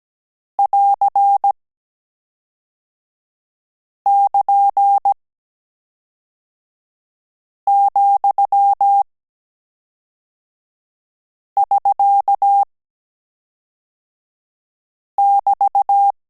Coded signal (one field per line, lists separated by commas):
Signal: Morse code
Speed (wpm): 17 wpm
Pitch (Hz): 800 Hz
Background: none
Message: <AR><KN>,<SK><BT>